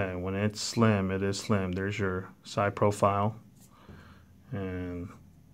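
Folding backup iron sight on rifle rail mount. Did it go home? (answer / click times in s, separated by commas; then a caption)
no / none. A man talks while handling a Bobro Engineering LowRiders aluminum flip-up backup iron sight on a rifle rail mount, turning it toward its upright position. The sight's detent is meant to snap it into place and hold it there. Nothing has clicked or seated yet in this clip, and only speech is heard.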